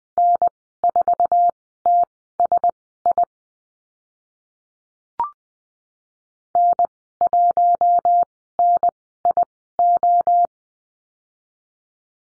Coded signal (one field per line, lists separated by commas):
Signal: Morse code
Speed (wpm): 20 wpm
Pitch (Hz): 700 Hz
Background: none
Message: N4TSI N1NIO